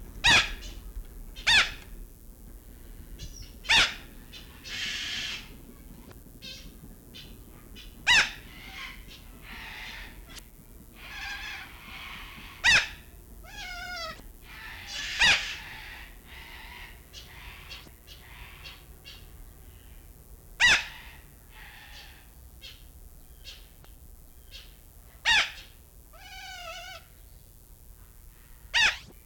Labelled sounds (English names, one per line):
Long-billed Corella call